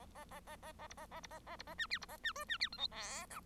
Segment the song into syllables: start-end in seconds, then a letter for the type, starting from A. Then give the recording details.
0.14-0.25 A, 0.30-0.40 A, 0.46-0.56 A, 0.62-0.72 A, 0.78-0.87 A, 0.89-0.94 B, 0.97-1.06 A, 1.11-1.20 A, 1.22-1.27 B, 1.30-1.39 A, 1.46-1.56 A, 1.58-1.63 B, 1.66-1.75 A, 1.78-1.87 C, 1.90-1.98 D, 2.01-2.06 B, 2.08-2.17 A, 2.23-2.33 C, 2.35-2.44 E, 2.48-2.58 C, 2.59-2.69 D, 2.72-2.77 F, 2.77-2.88 G, 2.91-3.26 H, 3.29-3.40 I. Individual Bird1